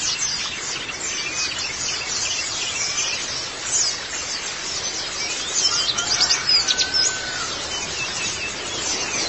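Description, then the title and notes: White-eye song: high twittering with scattered chirps and a brief whistled note, over steady hiss. "Kicauan Burung Pleci Durasi Panjang. Suara kicauan burung pleci"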